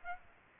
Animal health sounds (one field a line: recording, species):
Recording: mosquito wingbeat signal from an infrared sensor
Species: Aedes aegypti